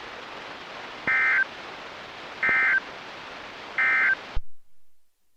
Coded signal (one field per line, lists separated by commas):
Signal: Emergency Alert System (SAME) tones